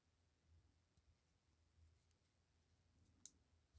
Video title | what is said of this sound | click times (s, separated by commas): Neucarl The Sept Mai Watch | There we go. That one clicked in place. | 3.3 s